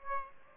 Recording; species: mosquito wingbeat signal from an infrared sensor; Aedes aegypti